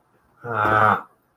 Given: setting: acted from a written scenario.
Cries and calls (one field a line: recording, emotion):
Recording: vocal sound without words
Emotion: shame